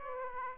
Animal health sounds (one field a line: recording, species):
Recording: mosquito wingbeat signal from an infrared sensor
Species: Aedes aegypti